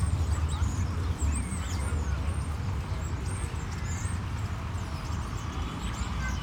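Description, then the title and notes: Common starlings chattering busily with many short looping high whistles and clicks, over loud continuous road traffic noise. Flock in plane trees at Parc de la Porte de Ninove, Molenbeek-Saint-Jean, Brussels, Belgium, with city traffic; Lom mikroUši microphone into Deity PR-2 recorder. "Parc de la Porte de Ninove, Molenbeek-Saint-Jean, Bruxelles-Capitale, Belgique - Starlings and the city. 1 minute of starlings in plane trees, then they go away. Une minute d'étourneaux dans des platanes avant qu'ils prennent leur envol"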